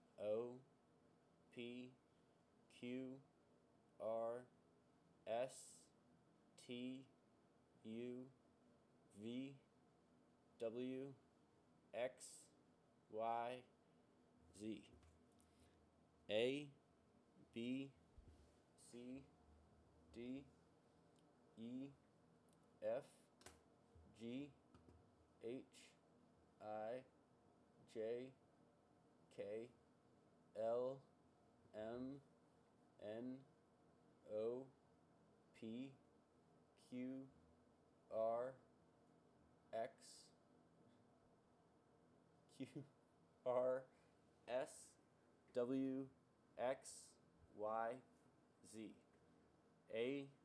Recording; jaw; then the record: letters of the alphabet, spoken; free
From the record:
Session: seven days later